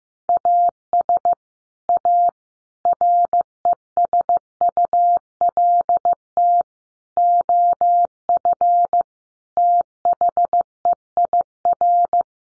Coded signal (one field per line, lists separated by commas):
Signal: Morse code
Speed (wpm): 15 wpm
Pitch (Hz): 700 Hz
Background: none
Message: AS A RESULT OF THEIR